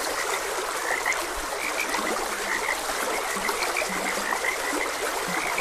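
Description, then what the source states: Frogs croaking, several short low croaks between two and five seconds among higher chirps, over steady stream noise. Frogs croaking beside a gentle stream in a continuous ambient nature soundscape.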